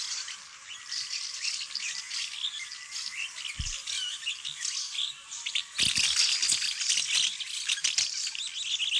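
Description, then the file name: House martin twittering: a dense, continuous chatter of high, scratchy chirps throughout, with scattered clicks and low knocks. "taksvale"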